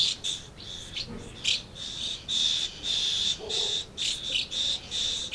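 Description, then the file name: Swallow calls as a stream of high, piping twitters with short pauses and a few lower squeaks between. Recorded at Amblagnieu on 2 July 2017 with an MZ-N710 recorder. "MZ-N 710 Hirondelles Amblagnieu 2 07 17"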